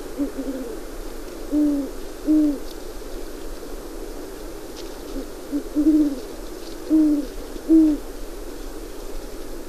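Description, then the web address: Great horned owl hooting, deep muffled hoots in an uneven rhythm, a pair, a pause, then three more, over a quiet, steady hiss. "Songs of Birds of North America Stokes. Great Horned Owl"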